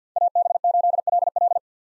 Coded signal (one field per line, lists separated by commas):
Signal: Morse code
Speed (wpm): 49 wpm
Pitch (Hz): 700 Hz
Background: none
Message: AB8LL